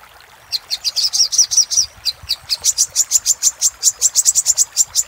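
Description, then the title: Little spiderhunter song: after a brief quiet start, rapid high sharp notes run in a fast even series, pausing once near the middle before another quick, steady burst. Singing used as a master (masteran) for training cage birds, labelled 'Labaik'. "Masteran Burung Sogok Ontong Labaik"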